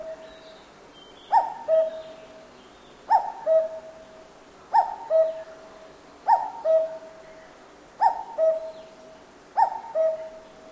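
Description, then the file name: Cuckoo repeating its falling two-note cuck-oo, six calls. Japan; forest. "BIRD CUCKOO CALL JAPAN FOREST LOOP"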